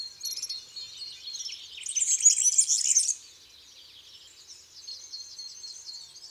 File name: Serin cini